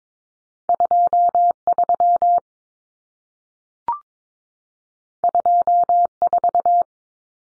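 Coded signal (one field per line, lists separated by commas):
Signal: Morse code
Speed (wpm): 22 wpm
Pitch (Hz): 700 Hz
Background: none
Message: 23 24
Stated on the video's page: Morse drill of common two-digit cut numbers (T, A, N for 0, 1, 9) at 22wpm, sent, spoken, sent again.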